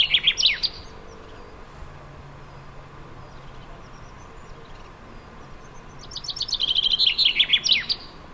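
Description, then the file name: Common chaffinch song: the tail of one phrase opens, then after a quiet gap a full rattling trill descends and finishes with a crisp flourish, with faint background hum. "Fringilla coelebs"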